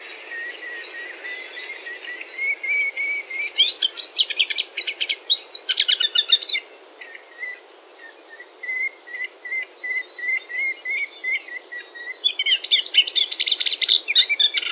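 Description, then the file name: Moustached warbler song opening with a run of soft, evenly pitched whistled notes, breaking into a rapid scratchy chatter, then returning to whistles and more chattering phrases. "mariskenrohrsaenger"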